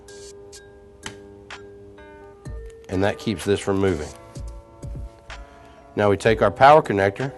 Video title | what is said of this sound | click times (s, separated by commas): University of Ghana - Distance Education Video Channel | now that we've got this pushed down on both sides we're gonna lock the lever in place | 1.1 s